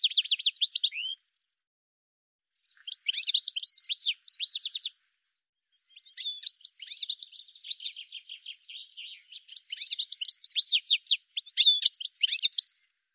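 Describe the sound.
Bird song in bursts of rapid high chirps and trills separated by short silences, with no other sounds.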